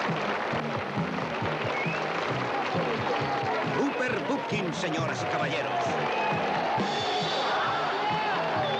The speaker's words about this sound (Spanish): Rupert Pupkin, señoras y caballeros. Rupert Pupkin. Un gran aplauso para Rupert Pupkin.